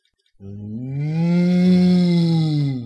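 A single long, loud cow moo begins abruptly and holds for over two seconds, a deep, rich, droning bellow with a slight rise and fall in pitch before trailing off.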